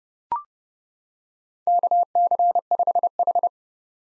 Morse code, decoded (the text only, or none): KC5H